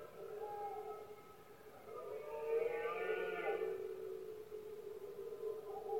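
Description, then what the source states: Red deer bellow: a long, hoarse harmonic roar rising in intensity through the middle, with softer moans before and after. Male stags bellowing during the rutting season, known locally as berrea or brama del ciervo, in Spain; calls most noticeable at night when surroundings are quiet.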